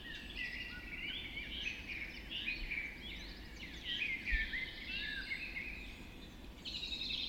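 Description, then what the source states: Birds singing together at dawn, continuous overlapping warbles, whistles and trills from several birds, with a faint low background rumble. Dawn chorus just after dawn in the Forest of Dean.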